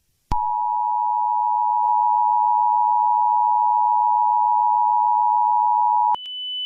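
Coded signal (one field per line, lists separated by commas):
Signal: Emergency Alert System (SAME) tones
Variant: 853 and 960 Hz attention tone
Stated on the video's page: Fictional EAS scenario alert.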